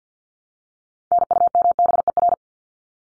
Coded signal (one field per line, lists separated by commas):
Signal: Morse code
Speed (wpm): 50 wpm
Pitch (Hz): 700 Hz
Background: none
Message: NUMBER